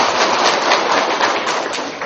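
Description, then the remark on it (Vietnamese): An audience at a Buddhist dharma talk claps together for a man in a dense, steady burst of applause, many hands patting at once with a crackling, rain-like texture that holds loud for about two seconds with no voices. “Giỏi, cho anh chàng pháo tay.”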